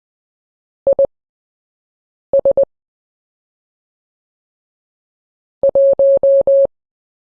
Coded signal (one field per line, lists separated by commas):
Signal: Morse code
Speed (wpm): 21 wpm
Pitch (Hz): 550 Hz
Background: none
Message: IS 1